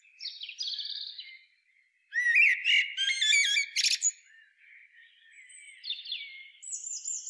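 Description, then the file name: Common blackbird singing: high squeaky notes, then a rich flowing warble broken by sharp clicky twitters, followed by softer high strained notes. "Turdus merula"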